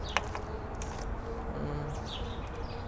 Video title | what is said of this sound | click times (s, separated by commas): Install of ESCALADE tail lights on a SUBURBAN | so you push it until it clicks | 0.2 s